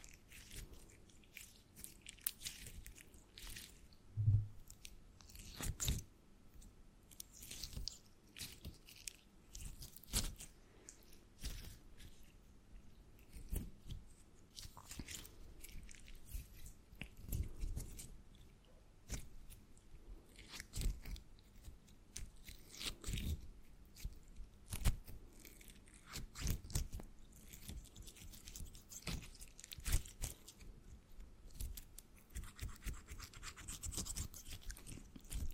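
Crinkles, taps and scratches come in irregular short bursts throughout, with sharp clicks every second or so and soft squeezing, squishy sounds between them. A low thump stands out near four seconds, and a brighter rustling texture builds toward the end.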